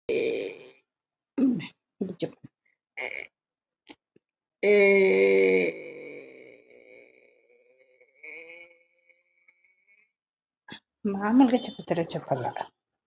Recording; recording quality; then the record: sustained vowel as in made; excellent, no background noise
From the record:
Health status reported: healthy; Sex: female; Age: 59 years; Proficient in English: no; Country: India